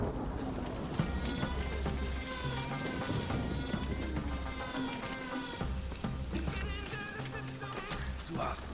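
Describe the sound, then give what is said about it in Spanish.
Steady, dense rain hiss in a video game trailer fills the whole stretch at an even loudness, falling as the same site is attacked, layered with low rumbling tones and faint, indistinct voices woven through the background. “Parece que están atacando el mismo sitio, pero ahora está lloviendo.”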